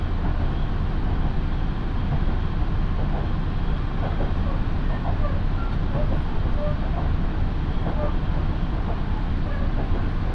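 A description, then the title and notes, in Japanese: A local train runs along the Minobu Line between Fuji and Shibakawa, its steady, dense rumble holding at an even loudness throughout. Brief faint tones and murmurs, perhaps wheel squeal or voices, flicker over the low roar from about three seconds on. 身延線 富士→芝川。身延線を各駅停車で乗り通します。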